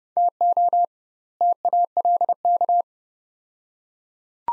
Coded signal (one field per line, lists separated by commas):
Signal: Morse code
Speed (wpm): 29 wpm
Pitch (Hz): 700 Hz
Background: none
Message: TO TALK